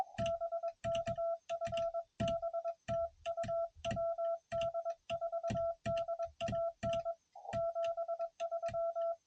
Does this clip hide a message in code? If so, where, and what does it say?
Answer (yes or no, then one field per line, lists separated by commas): yes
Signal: Morse code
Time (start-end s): 0.2-9.1 s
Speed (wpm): 21 wpm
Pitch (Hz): 1340 Hz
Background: none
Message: BK FB TU WD4DAN 73